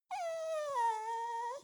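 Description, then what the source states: Dog whimpering: one drawn-out, tonal whine lasting about a second and a half, dipping slightly then lifting at the end, with nothing else heard. Attention-seeking whimper.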